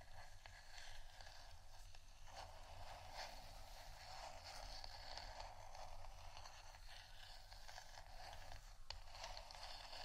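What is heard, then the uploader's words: Continuous scratching fills the whole ten seconds, a dense, rough rasping with small irregular bursts and brighter scrapes around three, five and nine seconds. A low steady rumble runs underneath throughout, and the loudness stays fairly even. ASMR Scratching Only（No Talking）.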